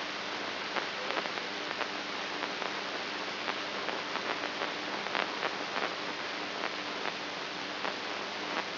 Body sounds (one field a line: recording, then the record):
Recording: brain microelectrode recording played as sound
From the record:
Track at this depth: outside the subthalamic nucleus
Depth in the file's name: 5.71 mm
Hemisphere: right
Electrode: 2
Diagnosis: Parkinson's disease